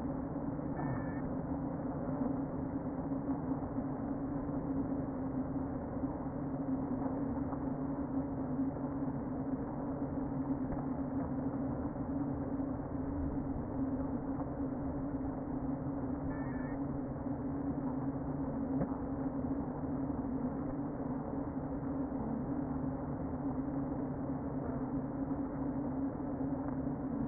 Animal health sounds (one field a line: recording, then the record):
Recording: honeybee colony, microphone inside the hive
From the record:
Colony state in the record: queen present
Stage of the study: before two queens were removed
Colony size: about 60,000 bees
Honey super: yes